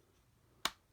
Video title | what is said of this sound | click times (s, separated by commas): Transformers Siege Commander Class Jetfire Review | and you'll hear that kind of click into place. So there you go. We have the wings now. | 0.6 s